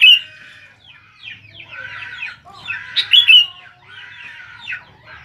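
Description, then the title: Sooty-headed bulbul song, a run of bubbly chattering notes with two louder, sharper bursts at the start and around the middle. "Kutilang"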